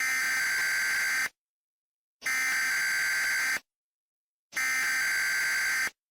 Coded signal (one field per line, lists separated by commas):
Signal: Emergency Alert System (SAME) tones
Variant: header bursts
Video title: My second eas vid :D